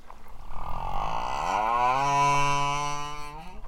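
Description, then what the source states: Humpback whale song unit: a long moaning tone, rich in harmonics, that slides upward then levels off. Only male humpbacks sing; the song is a mating display, either male-male competition or singing to attract females.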